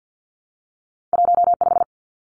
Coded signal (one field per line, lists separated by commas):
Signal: Morse code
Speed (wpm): 50 wpm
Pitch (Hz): 700 Hz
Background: none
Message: 15